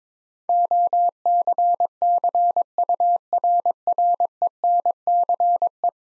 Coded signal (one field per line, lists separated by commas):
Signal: Morse code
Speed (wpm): 22 wpm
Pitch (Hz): 700 Hz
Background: none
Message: OCCURRENCE